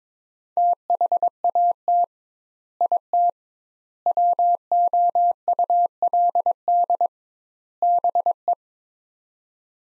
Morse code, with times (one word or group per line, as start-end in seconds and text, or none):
0.6-2.0 THAT
2.8-3.3 IT
4.1-7.1 WOULD
7.8-8.5 BE